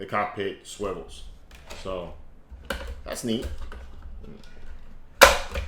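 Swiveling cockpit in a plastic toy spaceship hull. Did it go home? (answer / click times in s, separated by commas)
yes / 5.5 s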